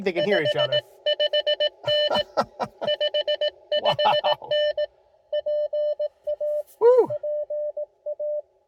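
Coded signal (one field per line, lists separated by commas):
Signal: Morse code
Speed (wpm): 19 wpm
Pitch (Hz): 600 Hz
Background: speech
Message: 55N 55N PA PA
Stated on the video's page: QRP CW Parks On The Air activation with an ICOM IC-705 and a Gabil GRA-7350TC antenna; bad QSB (fading) and poor weather.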